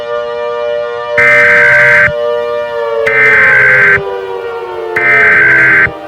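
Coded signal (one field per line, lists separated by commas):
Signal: Emergency Alert System (SAME) tones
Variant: header bursts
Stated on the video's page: Fictional EAS scenario (simulated) about a Roblox Slender outbreak.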